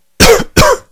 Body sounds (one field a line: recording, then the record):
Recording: coughing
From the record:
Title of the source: Coughing 51